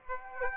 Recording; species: mosquito wingbeat signal from an infrared sensor; Aedes aegypti